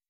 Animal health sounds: hydrophone in a shrimp aquaculture tank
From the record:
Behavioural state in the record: weakened

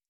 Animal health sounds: hydrophone in a shrimp aquaculture tank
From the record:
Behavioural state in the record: stressed

